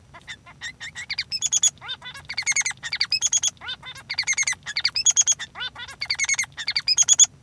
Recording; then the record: song of a male Bengalese finch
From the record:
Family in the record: son of father 3